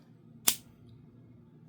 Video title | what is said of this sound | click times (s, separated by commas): 🔻 SEE IT! — The Halda Space Discovery – ESA’s Smart Space Luxury Watch -- Watch drop. | and you seat it in here until it clicks. | 0.5 s